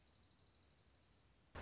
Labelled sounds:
Dark-eyed Junco (Junco hyemalis)
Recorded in Sonoma County, California

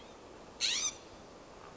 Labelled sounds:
California Scrub-Jay (Aphelocoma californica)
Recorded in Sonoma County, California

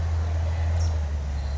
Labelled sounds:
California Towhee (Melozone crissalis)
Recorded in Sonoma County, California

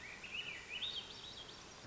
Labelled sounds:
Swainson's Thrush (Catharus ustulatus)
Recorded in Sonoma County, California

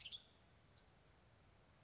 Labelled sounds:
Western Tanager (Piranga ludoviciana)
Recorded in Sonoma County, California

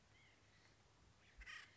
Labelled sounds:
White-breasted Nuthatch (Sitta carolinensis)
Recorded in Sonoma County, California

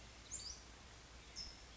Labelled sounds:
California Towhee (Melozone crissalis)
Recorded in Sonoma County, California

